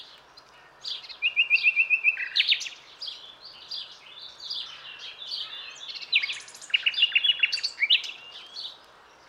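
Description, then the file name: Common nightingale singing a varied run of phrases, including a steady repeated whistled series and sharp rapid notes. "Luscinia megarhynchos"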